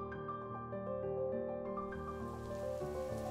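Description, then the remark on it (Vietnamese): Heavy rain pours in a steady, hissing wash that thickens partway through, underneath sustained low droning tones that run the whole time. “Năm ấy trời chuyển mưa to, ngập lụt cả một vùng rộng lớn.”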